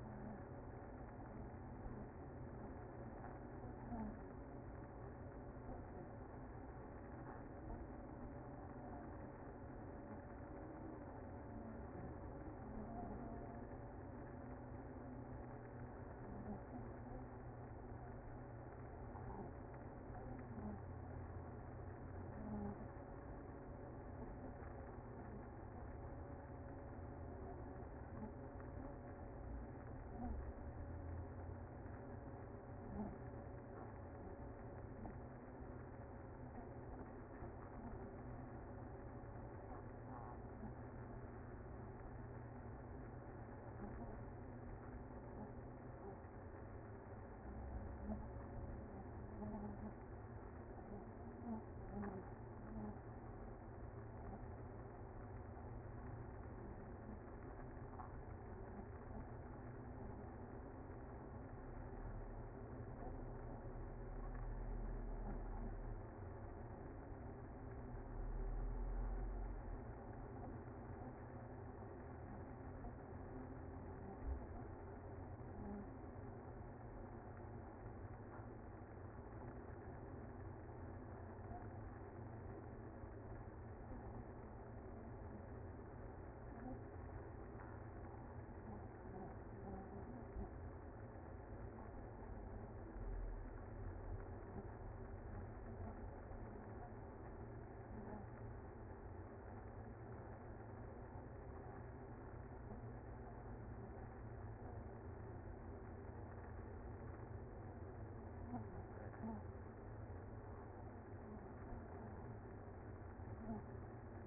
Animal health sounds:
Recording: honeybee colony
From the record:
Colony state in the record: active

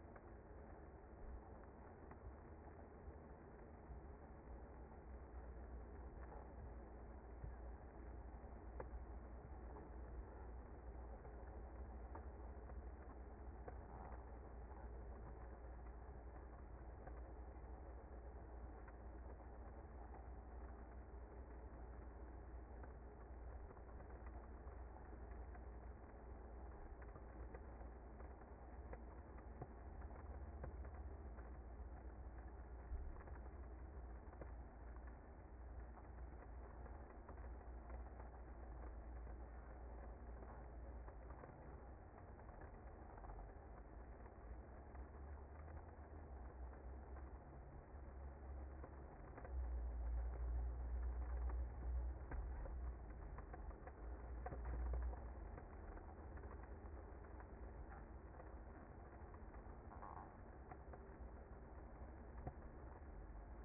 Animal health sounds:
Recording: honeybee colony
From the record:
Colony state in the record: active

